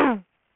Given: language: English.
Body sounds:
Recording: throat vibration sensor signal played as sound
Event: throat clearing

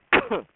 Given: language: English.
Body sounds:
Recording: throat vibration sensor signal played as sound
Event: cough

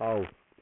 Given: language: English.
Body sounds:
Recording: throat vibration sensor signal played as sound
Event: speech

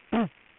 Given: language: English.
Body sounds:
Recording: throat vibration sensor signal played as sound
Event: throat clearing

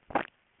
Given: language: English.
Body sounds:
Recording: throat vibration sensor signal played as sound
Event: swallow

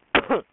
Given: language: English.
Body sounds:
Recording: throat vibration sensor signal played as sound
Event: cough

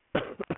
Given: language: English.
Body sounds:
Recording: throat vibration sensor signal played as sound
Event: cough

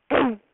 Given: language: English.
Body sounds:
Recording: throat vibration sensor signal played as sound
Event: throat clearing

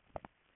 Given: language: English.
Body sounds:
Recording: throat vibration sensor signal played as sound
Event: swallow

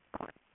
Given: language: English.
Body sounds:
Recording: throat vibration sensor signal played as sound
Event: swallow

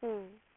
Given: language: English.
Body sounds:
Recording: throat vibration sensor signal played as sound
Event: speech

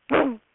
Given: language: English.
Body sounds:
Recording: throat vibration sensor signal played as sound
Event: throat clearing

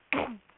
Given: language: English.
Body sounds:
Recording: throat vibration sensor signal played as sound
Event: throat clearing

